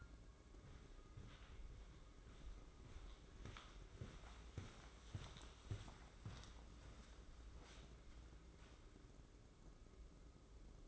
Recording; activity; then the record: daily activity, microphone in the room; walk to room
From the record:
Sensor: 3